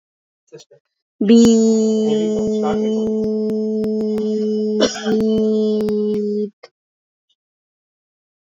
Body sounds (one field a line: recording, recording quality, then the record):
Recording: sustained vowel as in beet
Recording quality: excellent, no background noise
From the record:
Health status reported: exposed to COVID-19, no respiratory illness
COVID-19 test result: negative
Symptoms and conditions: cough, asthma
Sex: female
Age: 33 years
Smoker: not ticked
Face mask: not worn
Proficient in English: yes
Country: India